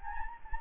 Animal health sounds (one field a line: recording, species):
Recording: mosquito wingbeat signal from an infrared sensor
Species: Anopheles gambiae